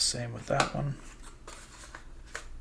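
A plastic dock piece for an ANNAPRO CD1 charging dock for Meta Quest 3, 3s and 2 is handled and pushed toward its mating slot on the dock base while someone talks briefly at the start. Soft plastic rubs and light taps follow around 1.5, 1.9 and 2.4 seconds. The piece has not seated or clicked yet when the clip ends.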